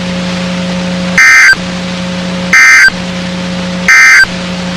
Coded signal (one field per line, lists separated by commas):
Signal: Emergency Alert System (SAME) tones